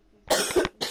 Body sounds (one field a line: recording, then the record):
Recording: coughing mixed with background sound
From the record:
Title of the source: 30 Chesty and wet cough